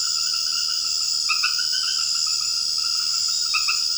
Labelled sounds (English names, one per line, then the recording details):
none
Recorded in secondary vegetation near Puerto Asís, Putumayo, Colombia, on 8 March 2025 at 22:00
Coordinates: 0.488, -76.319
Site G095